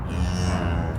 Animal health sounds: contact call of a hoofed animal; cattle; low-frequency (closed-mouth) or high-frequency (open-mouth) call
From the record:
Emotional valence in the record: negative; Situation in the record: full separation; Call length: 0.99 s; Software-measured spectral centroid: 1950 Hz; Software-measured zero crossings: 960 a second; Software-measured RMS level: -24 dBFS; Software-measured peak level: -12 dBFS

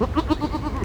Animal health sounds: contact call of a hoofed animal; goat; low-frequency (closed-mouth) or high-frequency (open-mouth) call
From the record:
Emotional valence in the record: negative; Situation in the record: short social isolation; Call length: 0.85 s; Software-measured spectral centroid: 1660 Hz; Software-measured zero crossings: 1170 a second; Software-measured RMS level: -23 dBFS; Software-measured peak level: -7 dBFS

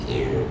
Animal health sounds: contact call of a hoofed animal; pig; closed-mouth grunt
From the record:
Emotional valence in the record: negative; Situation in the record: short social isolation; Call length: 0.51 s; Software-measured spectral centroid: 1640 Hz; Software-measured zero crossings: 1200 a second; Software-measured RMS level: -24 dBFS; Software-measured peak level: -13 dBFS

